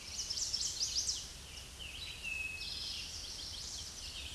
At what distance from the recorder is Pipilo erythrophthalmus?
about 45 m